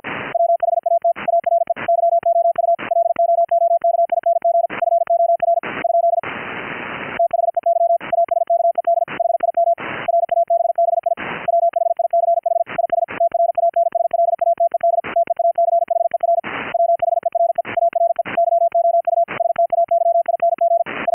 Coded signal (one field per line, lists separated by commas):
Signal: Morse code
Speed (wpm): 53 wpm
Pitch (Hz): 680 Hz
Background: none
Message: WHAT ARE YOU LOOKING FOR ? THEY ASKED HIM RABBI WHICH IS TRANSLATED TEACHER WHERE ARE YOU STAYING I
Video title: Gstreamer "audio OVER ip" for HAM RADIO - audiointerleave/deinterleave KEY RIG demo